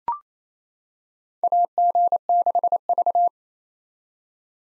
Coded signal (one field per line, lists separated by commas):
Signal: Morse code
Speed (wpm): 28 wpm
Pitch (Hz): 700 Hz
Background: none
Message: AG6V